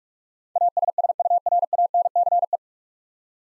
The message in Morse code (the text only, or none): ASSURANCE